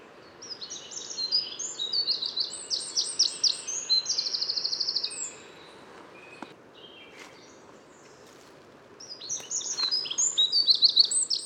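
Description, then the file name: Eurasian wren song: a fast, high outpouring of sharp notes ending in a steady rattling trill, then a pause and another rapid burst. "Troglodytes troglodytes"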